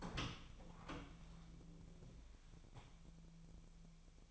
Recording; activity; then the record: daily activity, microphone in the room; open door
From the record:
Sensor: 1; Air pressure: 1000.5 hPa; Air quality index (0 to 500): 183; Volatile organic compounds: 4 ppm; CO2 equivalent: 1686 ppm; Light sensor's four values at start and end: 12/28/12/13 and 12/29/12/14